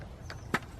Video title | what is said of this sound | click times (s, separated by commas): Firecore 16 ft Aluminum Grade Rod Review | these will end up clicking into place | 0.3 s, 0.6 s